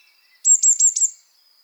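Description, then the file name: Eurasian blue tit call: four quick, high, thin notes, slightly pulsed, lasting under a second. "Cyanistes caeruleus"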